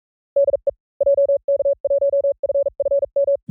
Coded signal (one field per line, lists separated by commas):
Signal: Morse code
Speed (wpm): 44 wpm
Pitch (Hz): 570 Hz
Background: none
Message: DE JK1FFM